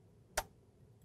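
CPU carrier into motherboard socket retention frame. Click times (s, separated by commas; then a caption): 0.4 s. A Threadripper CPU in its plastic carrier is pushed down into the motherboard socket's retention frame, after a warning that it was not all the way in and must click and bottom out. A single sharp click sounds at 0.4 s over a quiet background. The carrier is seated in the frame.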